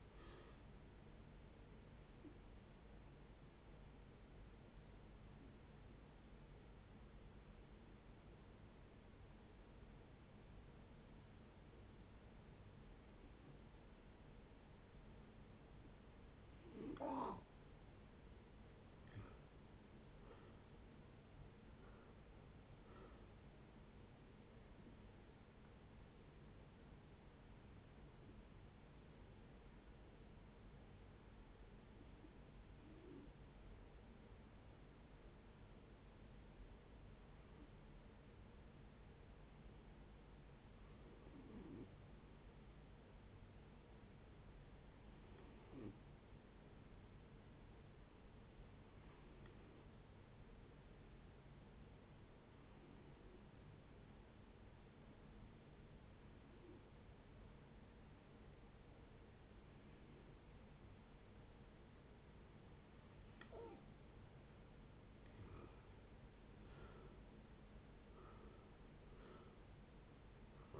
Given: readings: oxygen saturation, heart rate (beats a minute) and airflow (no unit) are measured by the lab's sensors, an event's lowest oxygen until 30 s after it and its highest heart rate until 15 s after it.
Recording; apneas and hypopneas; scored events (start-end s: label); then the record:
breathing in sleep by a voice recorder at the bedside; 2
3.00-18.40 s: hypopnea (N1, oxygen 91% highest, then 86% lowest, heart rate 72 at the start, 76 highest)
26.00-63.80 s: hypopnea (N1, oxygen 94% highest, then 83% lowest, heart rate 76 at the start, 78 highest)
38.00-68.00 s: new sleep stage, N2 (light sleep)
68.00-70.80 s: new sleep stage, N1 (lightest sleep)
From the record:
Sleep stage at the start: N1 (lightest sleep); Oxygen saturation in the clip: 86 to 94%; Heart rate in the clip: 57 to 76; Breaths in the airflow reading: 20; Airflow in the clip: -10.8 to 10.7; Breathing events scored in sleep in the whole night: 496 in 5.4 hours asleep